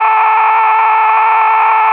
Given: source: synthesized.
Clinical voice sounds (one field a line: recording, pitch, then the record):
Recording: sustained vowel /a/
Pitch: 440 Hz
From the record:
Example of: jitter, sigma 0.03